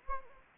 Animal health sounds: mosquito wingbeat signal from an infrared sensor; Anopheles gambiae

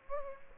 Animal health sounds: mosquito wingbeat signal from an infrared sensor; Aedes aegypti

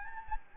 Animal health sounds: mosquito wingbeat signal from an infrared sensor; Anopheles gambiae

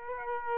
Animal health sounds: mosquito wingbeat signal from an infrared sensor; Aedes aegypti

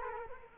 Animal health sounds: mosquito wingbeat signal from an infrared sensor; Culex quinquefasciatus

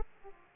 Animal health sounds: mosquito wingbeat signal from an infrared sensor; Aedes aegypti

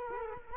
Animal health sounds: mosquito wingbeat signal from an infrared sensor; Culex quinquefasciatus

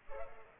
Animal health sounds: mosquito wingbeat signal from an infrared sensor; Culex pipiens

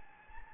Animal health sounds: mosquito wingbeat signal from an infrared sensor; Anopheles gambiae

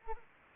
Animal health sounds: mosquito wingbeat signal from an infrared sensor; Anopheles arabiensis

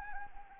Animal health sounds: mosquito wingbeat signal from an infrared sensor; Anopheles arabiensis

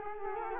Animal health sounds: mosquito wingbeat signal from an infrared sensor; Culex quinquefasciatus

